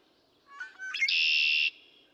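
Red-winged Blackbird song: brief choppy introductory notes, then a strong buzzy, rattling trill held briefly before cutting off.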